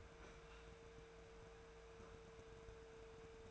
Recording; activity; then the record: daily activity, microphone in the room; open fridge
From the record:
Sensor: 2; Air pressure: 1014.7 hPa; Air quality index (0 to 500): 190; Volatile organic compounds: 15 ppm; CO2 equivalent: 2506 ppm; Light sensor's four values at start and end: 9/23/9/10 and 10/24/10/10